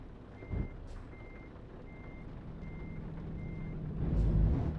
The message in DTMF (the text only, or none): none